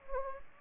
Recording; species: mosquito wingbeat signal from an infrared sensor; Anopheles gambiae